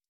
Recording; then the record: hydrophone in a shrimp aquaculture tank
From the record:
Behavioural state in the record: stressed